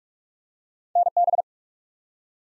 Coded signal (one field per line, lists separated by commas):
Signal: Morse code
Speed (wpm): 46 wpm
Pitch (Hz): 700 Hz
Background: none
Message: NB